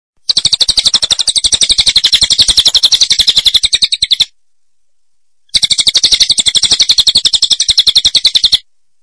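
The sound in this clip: Bird song made of a fast, steady trill of sharp high notes, two bursts of about four and three seconds separated by a short silence.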